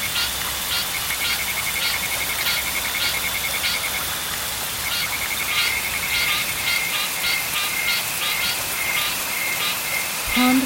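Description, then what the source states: Frog croaks come in quick repeated bursts, with a high pulsed trill starting and stopping, over constant rain noise. Frogs at a pond in the rain, with insects.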